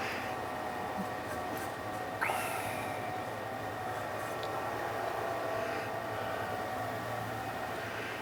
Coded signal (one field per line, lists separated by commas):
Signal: FT8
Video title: W9W FT8 Operating